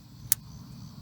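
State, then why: Seated. A fuel line quick-connect fitting is pushed onto the nipple of a new fuel filter until its plastic retainer snaps. A single sharp, bright click at 0.3 seconds stands out over a steady low rumble. The fitting is seated on the filter.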